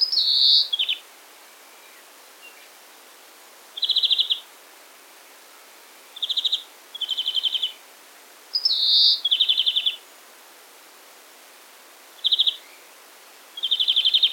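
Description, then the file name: European greenfinch song in spaced phrases of short, rapid buzzy trills, each under a second long, with pauses between. "Chloris chloris"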